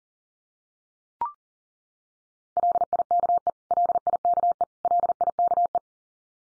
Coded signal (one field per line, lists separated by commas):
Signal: Morse code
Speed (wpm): 38 wpm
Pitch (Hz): 700 Hz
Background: none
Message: LIKE LIKE LIKE